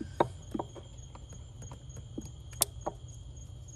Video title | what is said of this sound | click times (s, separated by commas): YAMAHA F115 Voltage Regulator Replacement | it snap so it's in we're good to go put the bolts on and we're good | 2.6 s